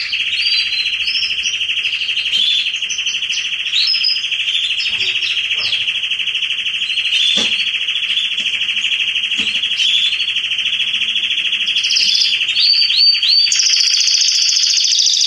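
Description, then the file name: Canary song, a long steady high trill with quick chirping phrases layered above it, continuous throughout. "Canary Voice"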